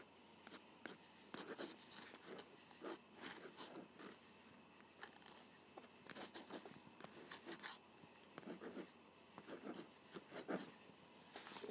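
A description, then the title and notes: A ballpoint pen writes across paper in quick, scratchy strokes. Short, bright scrapes come in irregular bursts, several per second, with brief pauses between words. A faint steady hiss runs underneath throughout. ASMR Writing with a Ballpoint Pen.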